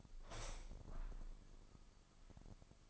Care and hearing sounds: daily activity, microphone in the room; open window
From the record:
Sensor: 5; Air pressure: 1004.7 hPa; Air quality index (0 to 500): 81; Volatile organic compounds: 1 ppm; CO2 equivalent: 975 ppm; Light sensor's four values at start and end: 34/79/32/31 and 34/79/32/31

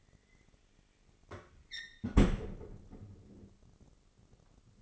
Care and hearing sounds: daily activity, microphone in the room; close fridge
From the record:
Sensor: 4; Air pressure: 996.0 hPa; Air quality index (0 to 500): 62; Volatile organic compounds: 2 ppm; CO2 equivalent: 1100 ppm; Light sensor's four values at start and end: 15/40/15/17 and 15/41/15/18

